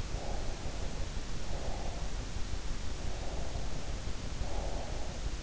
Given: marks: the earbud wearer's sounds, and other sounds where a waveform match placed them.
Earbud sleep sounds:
sounds in sleep by an in-ear microphone; breath
0.07-2.30 s: breath
3.08-5.34 s: breath

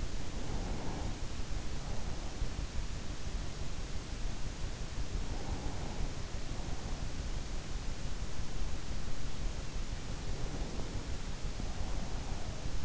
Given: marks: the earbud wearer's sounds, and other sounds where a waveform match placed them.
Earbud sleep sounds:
sounds in sleep by an in-ear microphone; breath
0.00-1.31 s: breath
4.57-6.63 s: breath
9.71-12.85 s: breath

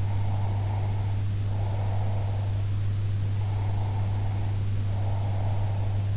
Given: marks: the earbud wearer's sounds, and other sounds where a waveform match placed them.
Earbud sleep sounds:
sounds in sleep by an in-ear microphone; breath
0.00-2.62 s: breath
3.40-6.14 s: breath

